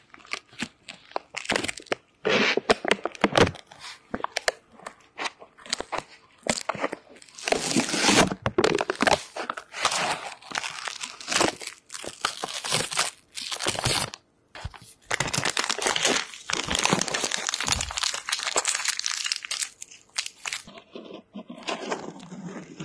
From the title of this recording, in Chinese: 掏耳无人声